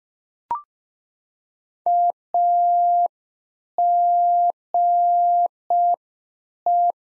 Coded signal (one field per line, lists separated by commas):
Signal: Morse code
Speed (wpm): 5 wpm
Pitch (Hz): 700 Hz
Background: none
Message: AGE